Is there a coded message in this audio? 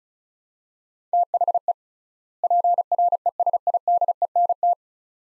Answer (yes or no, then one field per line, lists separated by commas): yes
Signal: Morse code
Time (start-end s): 1.1-4.7 s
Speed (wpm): 36 wpm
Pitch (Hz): 700 Hz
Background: none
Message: THE PRESIDENT